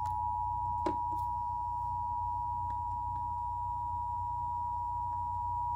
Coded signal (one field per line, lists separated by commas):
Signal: Emergency Alert System (SAME) tones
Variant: 853 and 960 Hz attention tone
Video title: (So close to #100 EAS) (EAS #91-99 with a EAS fail) MEMA Required monthly tests from 1/3/2022